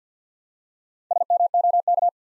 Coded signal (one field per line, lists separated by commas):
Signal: Morse code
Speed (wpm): 50 wpm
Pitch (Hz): 700 Hz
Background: none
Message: SMOK